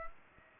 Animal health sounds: mosquito wingbeat signal from an infrared sensor; Culex pipiens

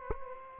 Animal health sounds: mosquito wingbeat signal from an infrared sensor; Aedes aegypti

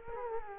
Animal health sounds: mosquito wingbeat signal from an infrared sensor; Culex quinquefasciatus

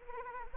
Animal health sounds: mosquito wingbeat signal from an infrared sensor; Anopheles arabiensis

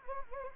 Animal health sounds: mosquito wingbeat signal from an infrared sensor; Anopheles gambiae

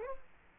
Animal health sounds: mosquito wingbeat signal from an infrared sensor; Culex quinquefasciatus

